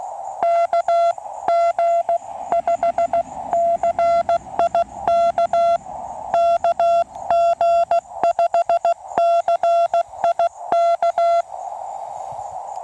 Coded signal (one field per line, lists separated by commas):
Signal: Morse code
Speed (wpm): 16 wpm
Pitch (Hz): 680 Hz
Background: none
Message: KG5CIK KG5CIK